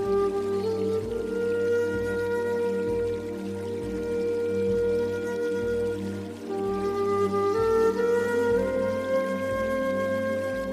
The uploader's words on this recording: New age native american flute music and forest water sounds and new age zen music for sleeping and relaxing.